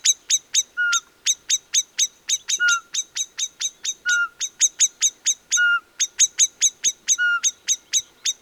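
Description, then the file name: Common blackbird repeating hard chink notes in fast runs, each run punctuated by a clear, slightly falling whistle; the series pauses briefly near six seconds. "Turdus merula"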